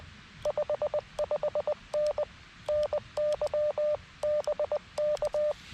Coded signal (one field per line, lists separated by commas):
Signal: Morse code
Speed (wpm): 18 wpm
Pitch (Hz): 600 Hz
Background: radio noise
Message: 55N NY BK